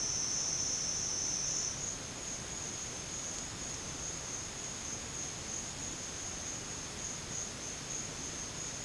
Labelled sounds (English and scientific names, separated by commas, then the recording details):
none
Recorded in pastures near Puerto Asís, Putumayo, Colombia, on 30 June 2025 at 12:00
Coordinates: 0.496, -76.326
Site GP01